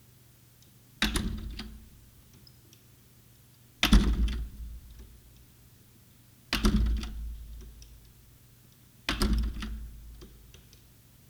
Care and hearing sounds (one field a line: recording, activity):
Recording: daily activity, guitar pickup as the sensor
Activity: manipulate door